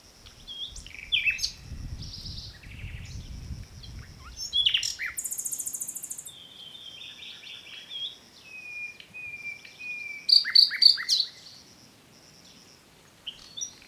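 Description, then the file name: Common nightingale song of chips, a buzzy rattle and drawn-out whistles; low rumbling noise in the first few seconds. "Luscinia megarhynchos"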